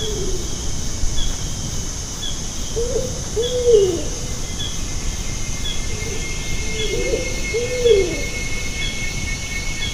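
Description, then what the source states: Bornean ground cuckoo gives low hoots in short repeated groups, over a constant low rumble and faint high buzzing. Recorded in Danum Valley, Borneo.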